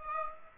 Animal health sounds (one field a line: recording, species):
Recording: mosquito wingbeat signal from an infrared sensor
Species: Aedes aegypti